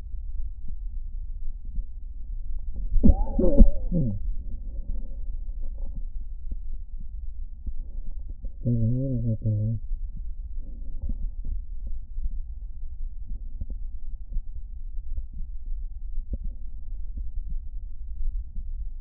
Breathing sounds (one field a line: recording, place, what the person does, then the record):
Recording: lung sounds by stethoscope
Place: right anterior apical chest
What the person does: quiet breathing, then cough and speech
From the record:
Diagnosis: interstitial lung disease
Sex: male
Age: 74 years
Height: 160 cm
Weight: 54 kg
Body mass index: 21.1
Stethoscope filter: diaphragm mode